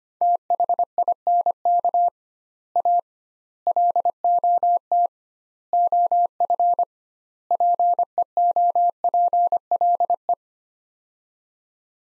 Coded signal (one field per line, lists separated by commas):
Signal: Morse code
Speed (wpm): 25 wpm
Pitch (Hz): 700 Hz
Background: none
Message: THINK A LOT OF PEOPLE